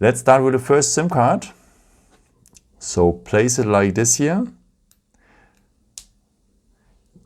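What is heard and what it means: A nano SIM card is pressed into the SIM tray of a Redmi Note 11 Pro Plus 5G phone. Someone talks at the start, then there are a few faint taps before the card snaps in with a sharp click at 6.0 s and is seated.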